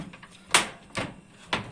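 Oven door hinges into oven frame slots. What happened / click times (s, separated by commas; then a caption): The metal door hinges seated in their slots / 0.6 s. After cleaning, the metal hinge arms of a Teka built-in oven door are slid back into the slots in the oven body. A sharp knock at 0.6 s marks the hinges seating in their slots, followed by two softer knocks around 1.0 s and 1.5 s.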